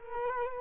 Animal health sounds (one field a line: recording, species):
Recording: mosquito wingbeat signal from an infrared sensor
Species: Culex quinquefasciatus